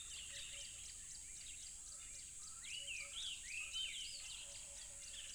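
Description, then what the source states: Cricket chorus as a constant shrill hum, with bird whistles swelling briefly in the middle and a soft repeated low note. Crickets recorded at a tropical river.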